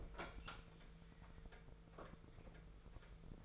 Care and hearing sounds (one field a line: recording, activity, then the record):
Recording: daily activity, microphone in the room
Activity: open fridge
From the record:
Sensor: 5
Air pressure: 1014.9 hPa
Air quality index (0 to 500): 173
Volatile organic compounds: 6 ppm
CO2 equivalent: 1907 ppm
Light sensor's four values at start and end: 54/125/52/55 and 58/135/56/60